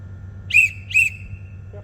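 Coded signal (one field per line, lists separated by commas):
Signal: whistle signal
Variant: crane dogger whistle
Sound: two short, sharp, high whistle blasts in quick succession, the second trailing off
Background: low background hum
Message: 2 short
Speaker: All right, we'll run over them. Do you whistle Do you whistle there? Yep. All right, good.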